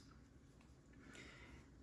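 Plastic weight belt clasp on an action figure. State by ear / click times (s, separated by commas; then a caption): not seated / none. Someone tries to snap the last piece of a plastic weight belt closed around a Mattel WWE Legends Series 18 Target Exclusive action figure. Only low, steady handling noise and soft plastic rustling are heard, with a brighter scraping from about 1.1 to 1.6 s. The belt has not snapped into place, and no click is heard.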